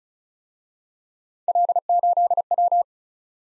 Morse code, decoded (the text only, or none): L8W